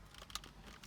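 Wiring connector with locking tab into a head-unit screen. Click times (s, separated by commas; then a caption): 0.4 s. A wiring connector with a locking tab is pushed into the new head-unit screen during a 2012–2017 Mazda BT50 stereo replacement, and the tab moves itself in as the connector goes in. Light plastic handling ticks lead to a sharp, bright click at 0.4 s as the connector seats and locks into place.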